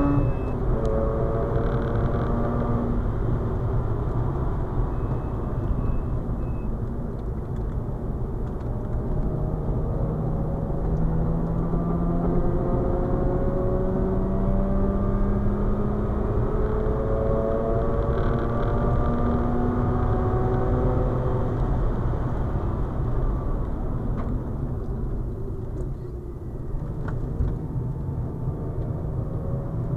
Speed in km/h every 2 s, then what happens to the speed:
136, 129, 94, 88, 90, 100, 111, 123, 134, 144, 132, 81, 54, 46, 55.
0-7 brakes to 88. 7-19 speeds up to 144. 19-27 brakes to 46. 27-30 speeds up to 55.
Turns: 5-12, 23-30.